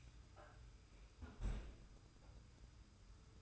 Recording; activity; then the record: daily activity, microphone in the room; close fridge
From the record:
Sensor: 2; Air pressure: 990.8 hPa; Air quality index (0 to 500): 129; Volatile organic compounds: 131 ppm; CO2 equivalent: 3935 ppm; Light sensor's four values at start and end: 21/49/20/20 and 21/49/20/20